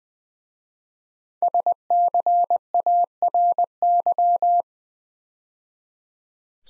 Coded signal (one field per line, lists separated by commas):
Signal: Morse code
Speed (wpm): 20 wpm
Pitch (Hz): 700 Hz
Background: none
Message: SCARY